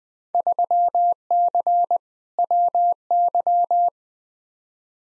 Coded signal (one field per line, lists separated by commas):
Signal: Morse code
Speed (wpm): 20 wpm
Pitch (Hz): 700 Hz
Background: none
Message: 3C WY